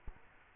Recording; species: mosquito wingbeat signal from an infrared sensor; Culex quinquefasciatus